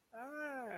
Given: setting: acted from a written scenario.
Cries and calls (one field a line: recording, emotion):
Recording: vocal sound without words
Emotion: adoration